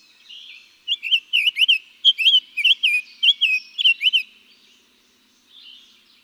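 Summer tanager song: a quick series of many slurred whistled notes rising and falling, in one steady phrase lasting about three seconds.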